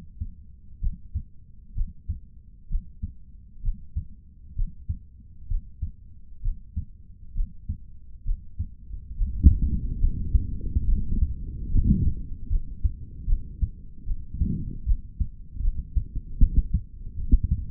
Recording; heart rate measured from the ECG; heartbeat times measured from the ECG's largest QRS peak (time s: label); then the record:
heart sounds by stethoscope; 70 bpm
0.79 s: heartbeat
1.74 s: heartbeat
2.68 s: heartbeat
3.61 s: heartbeat
4.54 s: heartbeat
5.47 s: heartbeat
6.41 s: heartbeat
7.33 s: heartbeat
8.23 s: heartbeat
9.15 s: heartbeat
9.99 s: heartbeat
10.85 s: heartbeat
11.69 s: heartbeat
12.48 s: heartbeat
13.26 s: heartbeat
14.05 s: heartbeat
14.85 s: heartbeat
15.61 s: heartbeat
16.38 s: heartbeat
17.16 s: heartbeat
From the record:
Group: healthy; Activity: Valsalva maneuver 0-9 s, rest 9-18 s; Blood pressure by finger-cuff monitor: 97/64 mmHg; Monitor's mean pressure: 77 mmHg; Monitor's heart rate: 65 bpm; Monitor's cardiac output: 3.5 L/min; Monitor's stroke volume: 54 mL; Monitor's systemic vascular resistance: 1570 dyn s/cm5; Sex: male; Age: 55 years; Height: 167 cm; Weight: 57.2 kg